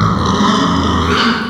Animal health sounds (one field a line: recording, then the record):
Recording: squeal of a Yucatan mini pig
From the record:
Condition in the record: after surgery on the right vocal fold (resection and tissue-engineered implant)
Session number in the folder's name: 15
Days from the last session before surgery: 175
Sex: female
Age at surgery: 19 weeks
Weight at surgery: 25 kg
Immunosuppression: prednisolone